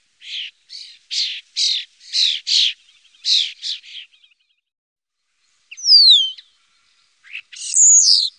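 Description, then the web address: Common starling song: a series of rattling, buzzy notes, then after a pause a descending whistle and a few slurred notes. "Faglar Sound Stare"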